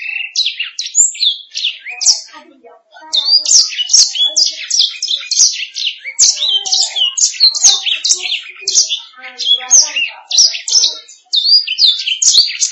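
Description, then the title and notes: Canary singing a rapid stream of bright, high twittering notes and swept chirps, pausing briefly near three seconds, then pouring on with only one more brief pause near eleven seconds. "Suara Burung Kenari"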